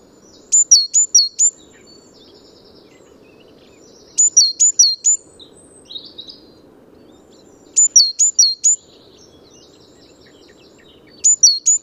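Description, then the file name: Great tit giving repeated high two-note phrases, three or four units each, spaced about four seconds apart, with faint softer chirps between and a low background rumble. "Parus major"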